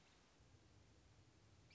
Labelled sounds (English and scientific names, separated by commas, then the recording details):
American Robin (Turdus migratorius)
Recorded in Sonoma County, California